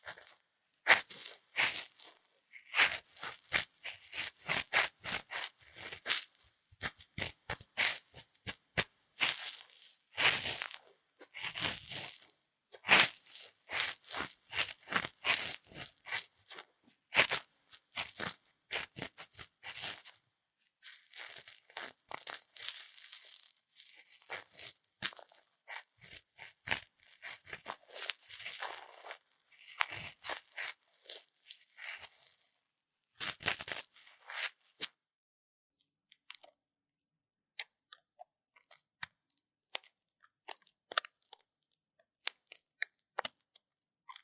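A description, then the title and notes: Ear cleaning sounds, a rapid stream of crackly, scratchy rustles and sharp clicks that crowd together for the first thirty-five seconds. After that the scraping stops and only sparse, isolated clicks remain, separated by silence until the end. 台灣ASMR | 掏穿你的耳朵 | 耳掃除 | Ear Cleaning | NO Talking.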